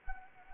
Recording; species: mosquito wingbeat signal from an infrared sensor; Anopheles arabiensis